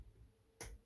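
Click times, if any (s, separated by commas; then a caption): 0.6 s. A hook-style clasp on the second thigh of a plastic combining robot toy is slid into the gripping opening on the upper leg. After quiet handling noise, a soft but distinct click sounds at 0.6 s. The leg seats into place.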